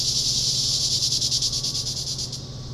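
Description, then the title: Cicada buzz pulsing rapidly in throbbing waves, then fading and cutting off near the end, over a low background hum. Summer cicadas. "neoscenes: summer cicadas"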